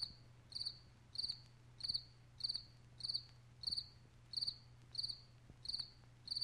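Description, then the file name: Cricket chirping: bright, high pulsed chirps repeated steadily about every half second to two-thirds of a second, with a low steady hum underneath. "nesekomoe sverchok"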